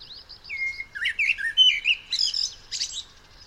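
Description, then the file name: Common blackbird giving a short phrase of high notes, a clear drawn-out whistle, then fluty warbles and shrill twittering. "Turdus merula"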